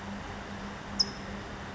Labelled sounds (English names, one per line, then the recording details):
California Towhee
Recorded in Sonoma County, California